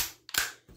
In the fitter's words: going to lock into place and the bolt is going to fly forward and chamber one of the rounds